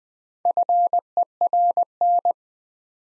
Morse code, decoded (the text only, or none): FERN